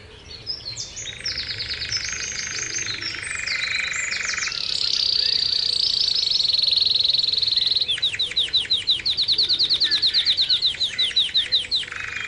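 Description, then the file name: Canary song building from quick chips into a steady high buzzing roll, then a series of fast rhythmic downswept trills. Canary training song (kenari terapi), posted October 2013. "kenari terapi omkicau"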